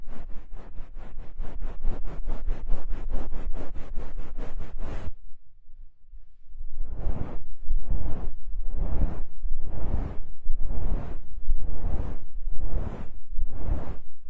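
Ear massage sounds: for the first five seconds, quick, even rubbing strokes follow each other about five times a second. After a brief hush with a low rumble, slower, fuller swishing strokes return, roughly one each second, with soft low thuds underneath.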